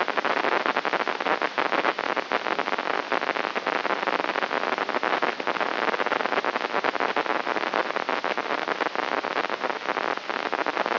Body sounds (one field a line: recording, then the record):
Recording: brain microelectrode recording played as sound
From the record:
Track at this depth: inside the subthalamic nucleus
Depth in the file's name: 4.829 mm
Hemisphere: left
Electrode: 3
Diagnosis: Parkinson's disease